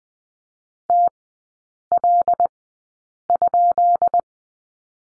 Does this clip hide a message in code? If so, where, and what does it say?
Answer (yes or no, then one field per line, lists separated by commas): yes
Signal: Morse code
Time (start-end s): 0.9-4.2 s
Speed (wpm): 20 wpm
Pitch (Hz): 700 Hz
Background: none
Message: TL?